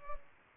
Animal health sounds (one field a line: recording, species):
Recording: mosquito wingbeat signal from an infrared sensor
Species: Culex pipiens